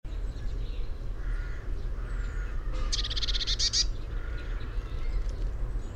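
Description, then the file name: Eurasian blue tit calling once with a rasping, scolding churr lasting roughly a second, ending in brief high notes, against constant low background rumble. "Cyanistes caeruleus"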